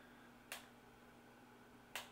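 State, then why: Seated. A ratchet buckle is pushed along the hidden ratchet track of a gunbelt, and each track position engages with a sharp click, each one a quarter inch of adjustment. Two short, bright clicks are heard at 0.5 s and 2.0 s over a faint steady background hum. The buckle seats into its track positions.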